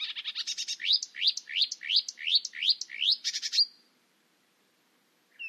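Bird calls: a quick series of rising, slurred whistled notes, stopping abruptly, then quiet with one faint note at the end.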